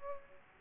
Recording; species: mosquito wingbeat signal from an infrared sensor; Aedes aegypti